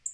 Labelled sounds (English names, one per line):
Black-throated Blue Warbler flight call